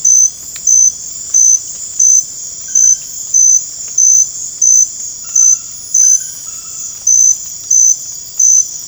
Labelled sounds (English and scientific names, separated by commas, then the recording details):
none
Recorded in dense forest near Puerto Asís, Putumayo, Colombia, on 22 December 2024 at 22:00
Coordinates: 0.481, -76.323
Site G100